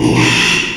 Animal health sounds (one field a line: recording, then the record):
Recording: squeal of a Yucatan mini pig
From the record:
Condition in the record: after surgery on the right vocal fold (resection and tissue-engineered implant)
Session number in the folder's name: 1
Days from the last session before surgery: 6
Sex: male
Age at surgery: 12 weeks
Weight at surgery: 13 kg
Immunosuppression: cyclosporine, prednisolone